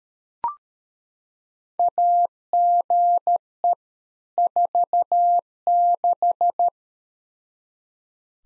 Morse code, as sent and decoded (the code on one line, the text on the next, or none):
.- --. . / ....- -....
AGE 46